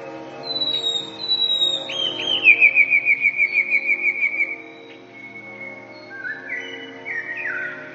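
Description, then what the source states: Eurasian blue tit singing: a few high, thin introductory notes leading into a fast, evenly repeated trill lasting roughly two seconds, followed by softer chirps over a faint steady hum. Song (śpiew).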